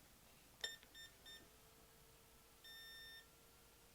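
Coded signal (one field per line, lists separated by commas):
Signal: none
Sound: an RC speed controller's startup beeps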